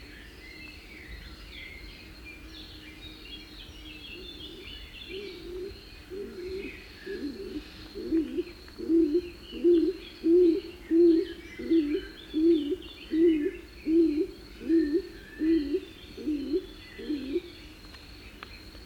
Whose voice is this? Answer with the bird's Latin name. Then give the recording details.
Columba oenas. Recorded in the wild. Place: Ciucurova, Dobrogea, RO. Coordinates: 44.933, 28.483. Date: 1976-05-30 07:10. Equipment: Nagra III BH, Sennheiser MD 21, parabola. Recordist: Schubert, Michael. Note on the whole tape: Rufe von Hohltauben